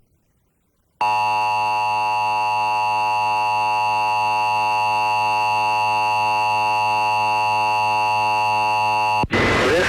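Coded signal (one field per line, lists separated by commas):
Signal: Emergency Alert System (SAME) tones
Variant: 853 and 960 Hz attention tone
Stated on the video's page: Required Monthly Tests tied to Great Shakeout drill: NOAA Weather Radio via Reecom R-1630, FM radio via stereo, and TV via USB tuner and HD antenna.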